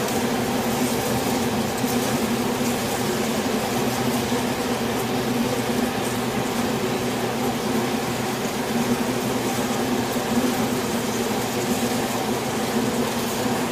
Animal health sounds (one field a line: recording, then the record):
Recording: honeybee colony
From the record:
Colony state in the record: swarm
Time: day